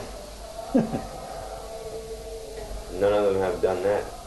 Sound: laughs

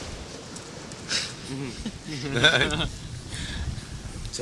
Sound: laughter

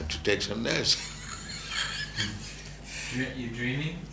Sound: laughs

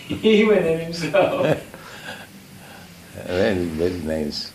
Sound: laughing

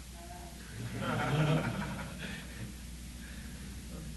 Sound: laughter

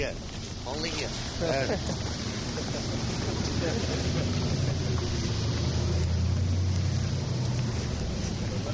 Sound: laughter

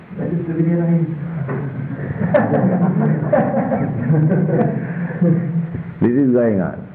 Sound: laughter

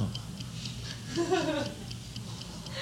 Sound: laughter

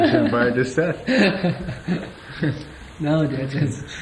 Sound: laughs

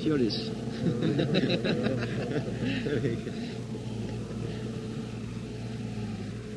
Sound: laughter

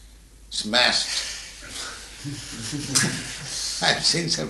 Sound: laughs

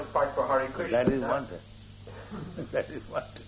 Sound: laughs

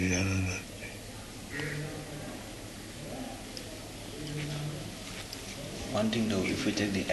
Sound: whispering among devotees about Prabhupāda's statement

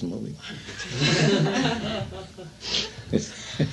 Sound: laughter

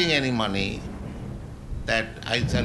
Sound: thunder

